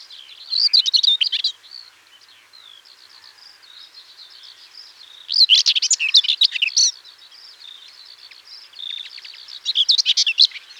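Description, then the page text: Common whitethroat song: brief, hurried, scratchy warbles repeated roughly every four to five seconds, with softer notes between them. "Common Whitethroat Song. Quick Sounds"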